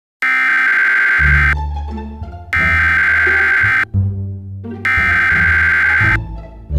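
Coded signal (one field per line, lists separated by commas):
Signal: Emergency Alert System (SAME) tones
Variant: header bursts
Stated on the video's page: SAME tones used in a simulated EAS scenario created on a phone with KineMaster from a downloaded tone file.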